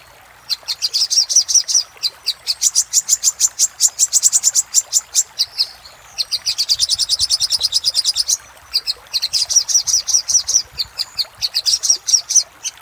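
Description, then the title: Little spiderhunter song: long runs of rapid, high, sharp chip notes, each run several seconds, broken by short pauses. Song of the little spiderhunter in the 'labaik' variant, used for training cage birds. "Masteran Burung Sogok Ontong Labaik"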